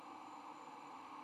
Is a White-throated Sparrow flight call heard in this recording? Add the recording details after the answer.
no. No flight call is heard. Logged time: 00:35 on 9 November 2014